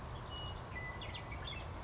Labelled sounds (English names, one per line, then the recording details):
Western Meadowlark
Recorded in Sonoma County, California